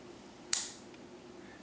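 A folding slip joint pocket knife, a Northwoods Everyday Barlow, has its blade worked open and shut. At 0.5 s a single sharp metallic snap rings bright and high before fading over a few tenths of a second, with a faint tick near the end over a low steady hum. The blade snaps into place against the handle's backspring and is seated.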